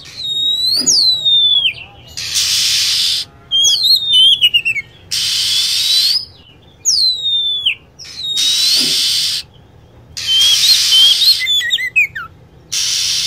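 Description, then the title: Lovebird calls: repeated steeply falling whistles and twittering chirps alternate with sustained harsh hissing blocks, the pattern repeating over several cycles. Lure recording used to attract lovebirds. "PIKAT BURUNG LOVEBIRD"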